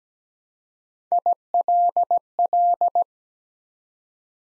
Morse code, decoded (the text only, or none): ILL